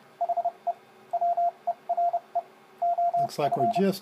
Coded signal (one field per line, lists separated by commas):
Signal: Morse code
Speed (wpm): 30 wpm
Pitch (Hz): 690 Hz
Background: speech, radio noise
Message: HE WERE OF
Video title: Homebrew Arduino CW (Morse) Decoder & 4 Line LCD Display - Cheap